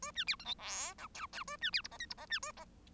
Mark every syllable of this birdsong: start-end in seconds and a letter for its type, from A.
0.02-0.11 A, 0.15-0.24 B, 0.27-0.36 C, 0.39-0.45 D, 0.45-0.55 E, 0.58-0.94 F, 0.98-1.07 G, 1.14-1.26 H, 1.32-1.44 H, 1.47-1.57 A, 1.61-1.70 B, 1.72-1.81 C, 1.84-1.88 I, 1.91-1.98 J, 1.99-2.06 K, 2.10-2.14 I, 2.17-2.26 J, 2.29-2.39 B, 2.42-2.52 A, 2.56-2.65 J